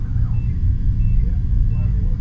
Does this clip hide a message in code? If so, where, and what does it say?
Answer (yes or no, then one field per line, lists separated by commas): no